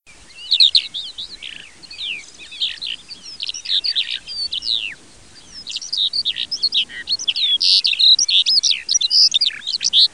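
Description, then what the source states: Eurasian skylark song, a fast stream of high chirps, trills and whistled notes with one brief pause near five seconds before it runs on again. Recorded in 2016.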